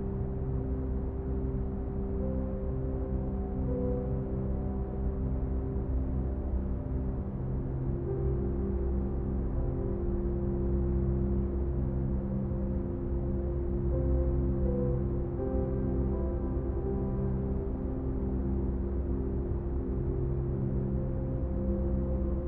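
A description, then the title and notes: Pink noise runs at a steady level under a piano melody that repeats, its sustained notes stacking and shifting every few seconds. The sound is dark and low-heavy, with almost nothing bright on top, and the overall loudness stays even throughout. Pink noise along with a repeating piano melody.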